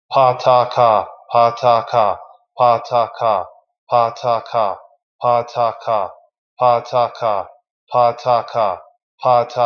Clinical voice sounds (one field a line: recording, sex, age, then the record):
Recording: repeated syllables /pa ta ka/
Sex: male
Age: 40 to 49 years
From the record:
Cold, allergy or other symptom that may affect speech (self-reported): no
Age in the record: 44 years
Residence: Florida, United States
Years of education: 16